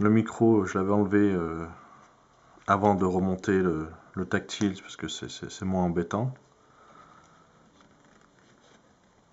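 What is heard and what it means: While a tablet is reassembled after its touchscreen was changed, a small internal part, likely the microphone or the touch panel connector, is handled toward its plastic housing. Someone talks for the first six seconds, followed by quiet handling noise with two faint ticks near 8.3 and 8.4 seconds. Nothing has seated or clicked yet.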